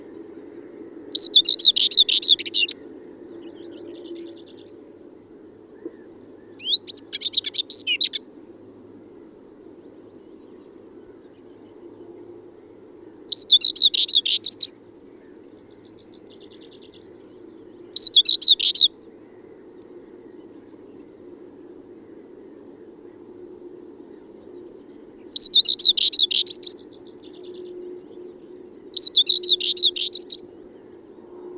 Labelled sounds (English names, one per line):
Common Whitethroat song